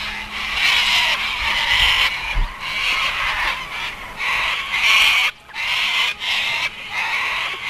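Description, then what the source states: Cockatoos giving harsh, raspy screeching calls in repeated bursts. Cockatoos on the Murray River past Robinvale, heading north to Mildura, Australia; called pretty much the sound of the Murray.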